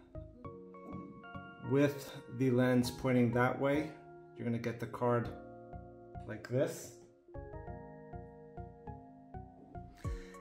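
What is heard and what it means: A microSD memory card is held and turned toward the card slot of a GoPro Hero 8 Black action camera, with its connectors facing the lens, lined up before being pushed in. Someone talks over steady background music, and a few faint soft taps are heard. Nothing has seated or clicked yet.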